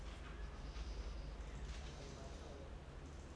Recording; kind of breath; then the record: one breath in and out by a microphone near the nose and mouth; normal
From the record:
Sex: male